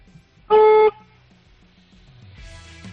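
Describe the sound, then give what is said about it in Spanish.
A single short, loud car horn honk from a 2019 car, a brief blaring tone lasting under half a second, followed by quiet low background rumble. “Así que vamos a escuchar cómo suena el claxon.”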